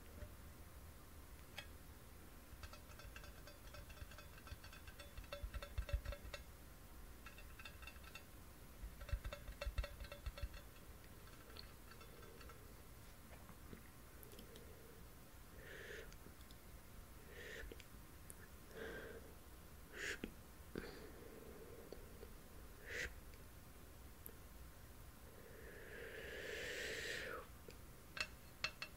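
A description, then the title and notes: Quiet hand movements and mouth sounds over a steady low hum. Bursts of rapid tiny clicks and taps come early on, then soft wet mouth noises and brief breathy sweeps follow every second or two, with a longer hiss near the end. ASMR PLUCKING NEGATIVE ENERGY, HAND MOVEMENTS AND MOUTH SOUNDS, PERSONAL ATTENTION, CAMERA TOUCHING.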